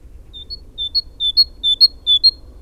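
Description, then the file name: Great tit singing about five rhythmic pairs of high whistled notes, each pair dipping then rising, over a quiet low hum. "Parus major"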